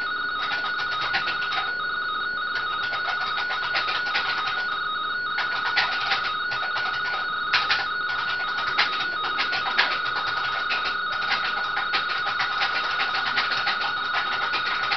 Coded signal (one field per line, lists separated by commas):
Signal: RTTY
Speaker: Vamos a volver a probar.